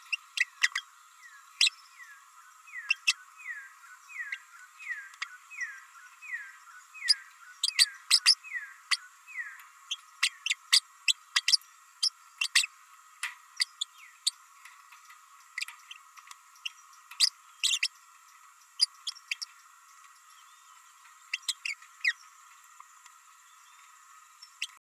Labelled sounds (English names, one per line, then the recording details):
Green-rumped Parrotlet babbling
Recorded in a nest box in Venezuela
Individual 18B104A5